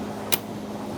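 A fuel line is slid over the outlet fitting of a new high pressure fuel pump on a 2014-2019 Kia Soul 1.6L L4 and pushed on until it seats. One sharp, bright click sounds at 0.3 s over a steady low hum.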